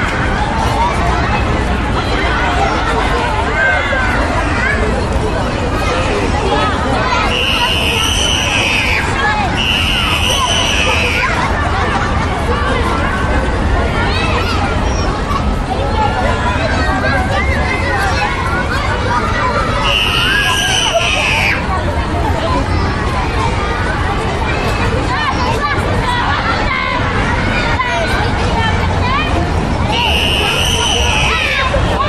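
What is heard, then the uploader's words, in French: A school playground at recess: dense, unbroken chatter and shouting from many children fills the whole clip at a steady level. Piercing high-pitched shrieks cut through at roughly 8, 10, 20 and 30 seconds, each lasting a second or two. Cour de récréation.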